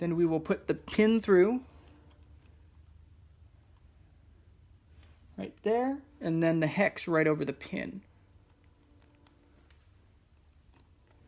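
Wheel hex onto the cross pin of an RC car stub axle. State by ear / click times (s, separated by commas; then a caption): seated / 9.7 s. Someone talks while fitting an RC truck's new steel driveshaft, putting the pin through the stub axle and then pushing the plastic wheel hex over that drive pin. After the talk, faint small clicks are heard, and the hex snaps into place over the axle pin at 9.7 s, seating it.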